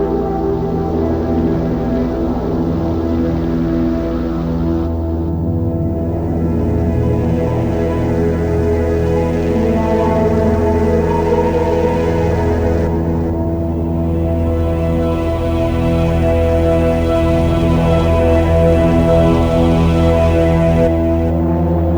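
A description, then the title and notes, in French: The sound of the Fischboedle lake: a steady, dense low drone of layered humming tones, with a soft upper hiss that briefly drops out around 5 and 13 seconds. Au son des lacs #2 - le lac du Fischboedle. Le Fischboedle est un lac d'origine glaciaire surplombé par le Spitzkoepfle dans la forêt de la Wormsa. Le son du lac du Fischboedle.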